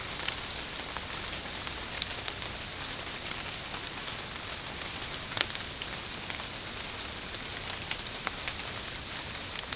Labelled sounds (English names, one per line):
none